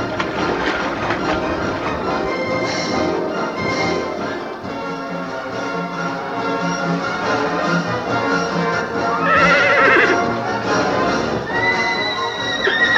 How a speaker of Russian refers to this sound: Оказавшись на берегу, жеребенок жалобно зовет мать. Рыжая кобыла, услышав сына, поворачивает назад.